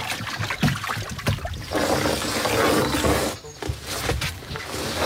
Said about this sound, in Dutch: En daar staat buiten de bakfiets klaar. Een grote bak met water. Ja. En daar verdwijnt hij in.